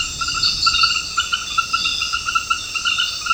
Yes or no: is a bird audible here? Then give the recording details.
no. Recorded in secondary vegetation near Puerto Asís, Putumayo, Colombia, on 13 March 2025 at 22:00. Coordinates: 0.498, -76.327. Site G001